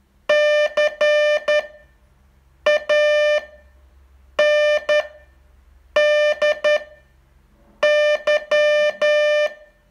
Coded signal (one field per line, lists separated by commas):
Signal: Morse code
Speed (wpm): 10 wpm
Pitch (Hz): 600 Hz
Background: music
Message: CANDY